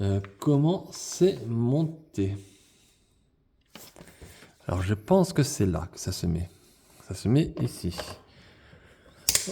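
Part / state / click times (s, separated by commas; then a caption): plastic bone decoration into toy throne base / seated / 9.3 s. A soft plastic bone/teeth decoration piece for the Masters of the Universe Masterverse New Eternia Skeletor action-figure throne is placed at the front of the throne seat while someone talks. It clips in by itself with a sharp snap at 9.3 s, seating onto the throne base.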